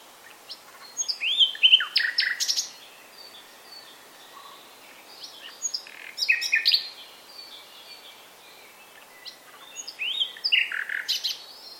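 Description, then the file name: Common nightingale song: three loud bursts of varied phrases, with sharp chirps, quick slurred notes and short trills, separated by brief pauses. "Luscinia megarhynchos"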